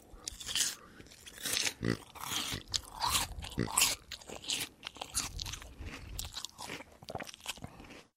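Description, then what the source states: Pig eating: wet crunching bites and smacking chews in irregular bursts. Pig eating an apple and smacking.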